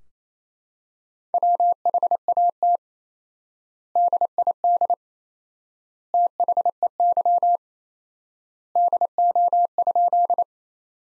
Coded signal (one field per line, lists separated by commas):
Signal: Morse code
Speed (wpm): 28 wpm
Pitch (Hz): 700 Hz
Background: none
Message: WHAT DID THEY DO?